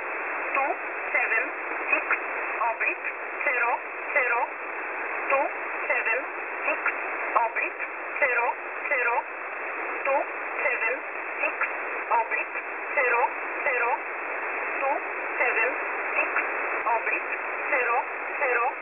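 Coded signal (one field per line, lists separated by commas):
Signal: numbers station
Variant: E11 Oblique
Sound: a voice reading short evenly spaced words through hissy shortwave static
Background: radio static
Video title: E11 Oblique 22/06/2023 0930 UTC 6923kHz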